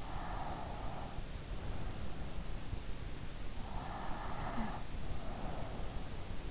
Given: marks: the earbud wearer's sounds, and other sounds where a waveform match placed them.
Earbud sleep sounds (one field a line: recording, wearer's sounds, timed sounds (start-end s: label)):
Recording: sounds in sleep by an in-ear microphone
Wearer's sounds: breath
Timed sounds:
0.02-2.68 s: breath
3.68-6.22 s: breath